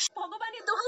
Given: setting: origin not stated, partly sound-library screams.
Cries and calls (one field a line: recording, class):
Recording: one-second piece from a danger detection set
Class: woman in danger